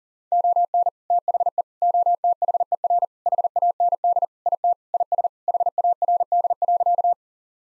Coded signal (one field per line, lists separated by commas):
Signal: Morse code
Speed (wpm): 40 wpm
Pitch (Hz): 700 Hz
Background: none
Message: ON THE OTHER HAND IT IS HARD.